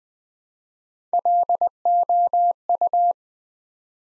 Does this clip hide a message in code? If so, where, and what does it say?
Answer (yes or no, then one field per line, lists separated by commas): yes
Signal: Morse code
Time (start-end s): 1.1-3.1 s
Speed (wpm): 20 wpm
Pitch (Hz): 700 Hz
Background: none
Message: LOU